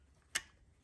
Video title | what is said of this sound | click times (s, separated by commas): Mercedes W211 E55 Rear Airmatic & Shock Replacement (Part 2 of 2) | So that just clicks back into place. | 0.4 s